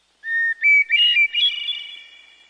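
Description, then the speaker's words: Hermit thrush song: a clear whistled opening note followed by higher, ringing, fluty notes that shimmer and fade, with no other sounds. Song said to put many people in a good mood. "that hearing bird song, like the one from this hermit thrush, puts them in a good mood."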